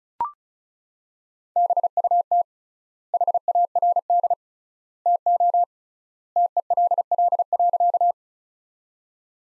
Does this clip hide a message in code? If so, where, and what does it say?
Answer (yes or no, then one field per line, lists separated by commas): yes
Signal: Morse code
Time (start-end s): 1.6-8.1 s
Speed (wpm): 36 wpm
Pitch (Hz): 700 Hz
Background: none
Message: BUT HARD TO TELL.